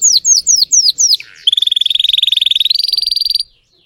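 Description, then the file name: Canary (Spanish Timbrado): canary song: several quick descending slurred notes, then a long, fast pulsed trill that steps up slightly in pitch midway before stopping. Song of a Spanish Timbrado canary, called 'canário belga' in the Portuguese source. "canto do canario belga timbrado espanhol"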